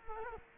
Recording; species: mosquito wingbeat signal from an infrared sensor; Culex quinquefasciatus